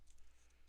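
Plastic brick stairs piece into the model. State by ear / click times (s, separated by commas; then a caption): not seated / none. A plastic LEGO stairs piece is tried against the LEGO Monster Burger Truck model, with faint, quiet plastic tapping and a soft tick near 0.1 s. The stairs piece does not snap in anywhere and nothing has seated or clicked yet, because it is meant to slide along a track instead.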